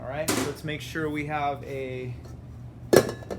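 Someone talks while a metal mixing bowl is handled at the base of a KitchenAid stand mixer, and a sharp metallic clink sounds near the end as the bowl is set against the base. Nothing has seated or locked in yet.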